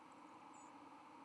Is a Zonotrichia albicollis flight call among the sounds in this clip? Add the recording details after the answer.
yes. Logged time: 09:25 on 31 October 2014